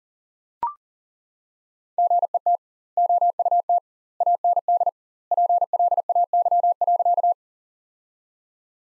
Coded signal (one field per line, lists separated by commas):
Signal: Morse code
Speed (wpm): 40 wpm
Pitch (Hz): 700 Hz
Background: none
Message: GET OUT AND PLAY.